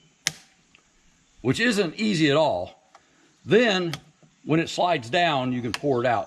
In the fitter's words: till it clicks